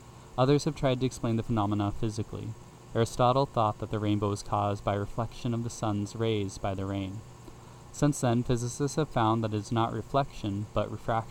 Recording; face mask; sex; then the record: reading aloud; none; male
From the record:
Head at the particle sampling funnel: facing it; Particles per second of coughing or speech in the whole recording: 0.425